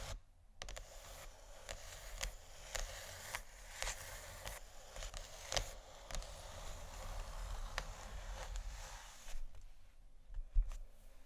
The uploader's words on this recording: ASMR Scratching & Tapping On Canisters（No Talking）.